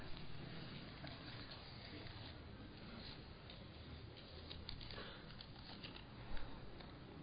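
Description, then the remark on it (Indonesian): Steady rain hisses continuously with a soft, irregular patter of drops throughout, fairly quiet overall, with one brief louder tap near the end and no clear speech. “Jam hujan ini.”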